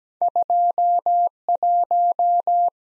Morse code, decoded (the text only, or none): 21